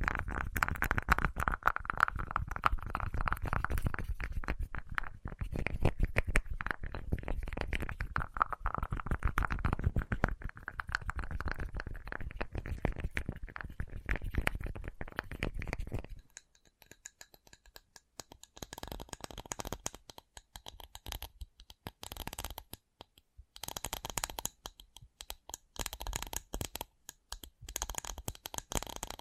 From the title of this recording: ASMR 10 Levels of Tapping